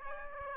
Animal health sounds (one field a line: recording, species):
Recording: mosquito wingbeat signal from an infrared sensor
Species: Aedes aegypti